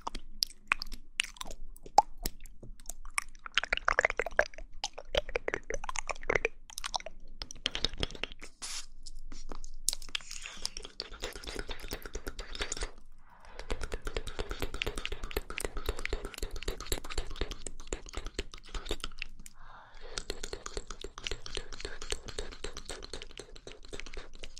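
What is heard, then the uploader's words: Wet mouth sounds with chewing and crunching, made of dense, fast clicks and smacks that run almost without pause. Short gaps break the flow near 13 and 19.5 seconds, and a faint low hum sits underneath the whole time. Mouth Sounds.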